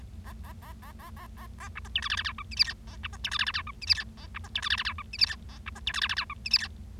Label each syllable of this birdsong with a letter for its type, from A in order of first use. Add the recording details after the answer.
A A A A A A A A B C D E F F G H I J K A B C D E F F G H I J K A B C D E F F G H I J K A B C D E F F G H I J K. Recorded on 25 March 2012 at 10:51. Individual gy6or6